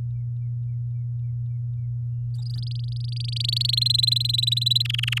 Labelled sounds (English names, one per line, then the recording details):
Domestic Canary song
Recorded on 9 May 2018 at 06:32
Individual llb16